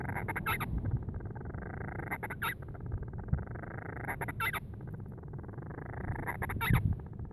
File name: Band-rumped-Storm-Petrel-Oceanodroma-castro Grants